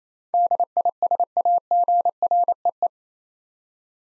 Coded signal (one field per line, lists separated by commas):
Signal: Morse code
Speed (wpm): 27 wpm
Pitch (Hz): 700 Hz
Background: none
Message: DISAGREE